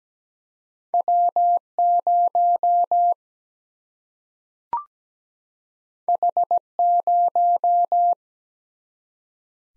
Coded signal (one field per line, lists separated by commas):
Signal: Morse code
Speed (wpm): 17 wpm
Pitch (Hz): 700 Hz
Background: none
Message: W 0 H 0